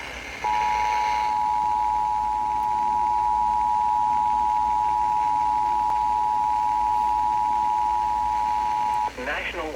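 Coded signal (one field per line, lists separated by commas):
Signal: Emergency Alert System (SAME) tones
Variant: 853 and 960 Hz attention tone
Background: speech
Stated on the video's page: One of 53 EAS alerts recorded over about ten hours in a single day.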